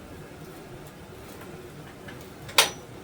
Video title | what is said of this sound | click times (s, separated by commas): Running and maintaining CDL filter press | and it locks in place inverted so you can put your | 2.6 s